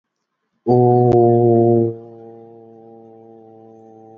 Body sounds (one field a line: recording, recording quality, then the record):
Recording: sustained vowel as in boot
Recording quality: excellent, no background noise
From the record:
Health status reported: healthy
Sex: male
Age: 22 years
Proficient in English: yes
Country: India